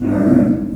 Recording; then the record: squeal of a Yucatan mini pig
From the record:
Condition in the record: after surgery on the right vocal fold (resection and tissue-engineered implant); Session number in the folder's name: 5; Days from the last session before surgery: 33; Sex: female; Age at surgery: 19 weeks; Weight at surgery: 25 kg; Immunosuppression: prednisolone